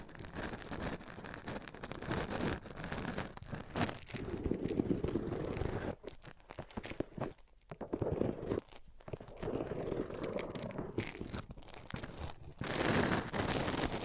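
A microphone is rubbed across different surfaces, making dense, scratchy friction noise with crackly, crinkling texture. The rubbing is mostly continuous but uneven, with brief pauses and drops in level around six to nine seconds, then a louder, steadier stretch near the end.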